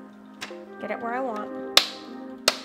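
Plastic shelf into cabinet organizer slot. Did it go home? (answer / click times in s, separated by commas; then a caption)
yes / 1.8 s, 2.5 s. A plastic shelf is pushed by its finger divots into the chosen slot of a Cabinet Caddy organizer while someone talks. Two sharp snaps ring out at 1.8 s and 2.5 s as the shelf seats firmly in the slot.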